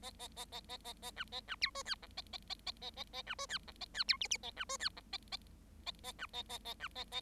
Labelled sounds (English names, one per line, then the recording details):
Bengalese Finch song
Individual Bird7